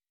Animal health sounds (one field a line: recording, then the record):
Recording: hydrophone in a shrimp aquaculture tank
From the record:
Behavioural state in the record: weakened